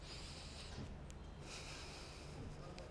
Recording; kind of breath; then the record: one breath in and out by a microphone near the nose and mouth; deep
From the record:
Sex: male